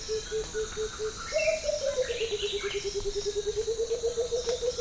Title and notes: Morning at a patch of rainforest in the Congo Plateaux savanna. Lush birdsong, fog drip and Blue-headed Coucal song. African Jungle sfx library